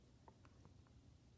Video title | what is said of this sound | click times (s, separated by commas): Fritzframe iphone 5 5S case and fritzframe clicks review | so like i'm here and it locks and then once i go here it locks again | 0.3 s, 0.4 s